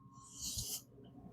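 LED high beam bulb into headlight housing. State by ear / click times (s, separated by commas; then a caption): not seated / none. An AUTOONE LED high beam bulb is handled and twisted counterclockwise into the headlight housing of a Dodge Grand Caravan, making a soft, breathy scraping rustle that peaks between about 0.4 and 0.8 seconds over a faint steady hum. The bulb has not seated or clicked yet.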